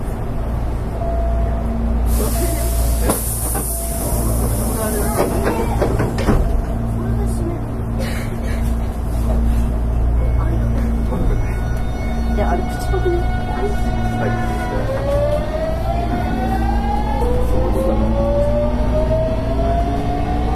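A Hankyu Railway 8000 series express train runs with a steady low rumble and constant hum throughout. Early on, a bright hissing burst and clunks pass by, and from about fifteen seconds a motor whine rises in pitch as the train accelerates.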